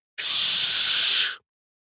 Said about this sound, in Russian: Темно-зеленая крупная гусеница приподнимается на паучьих лапах, что расположены в передней части длинного тела, изгибает хвост, на конце которого жало, и с шипением бросается на ребят.